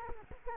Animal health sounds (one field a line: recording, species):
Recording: mosquito wingbeat signal from an infrared sensor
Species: Culex quinquefasciatus